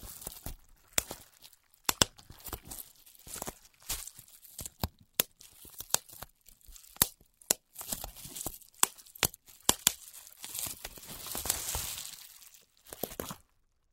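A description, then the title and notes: Bubble wrap being handled, with sharp pops scattered irregularly through the whole recording, sometimes singly, sometimes in quick clusters. Between pops there is rustling and crinkling plastic, swelling into a longer crackly rustle near the twelve-second mark before everything stops. 泡泡紙｜Bubble Wrap.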